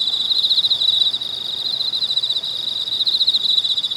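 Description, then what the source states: Cicada chorus, a continuous piercing high buzz that throbs rapidly and rises and falls in intensity every fraction of a second. Cicadas recorded in China.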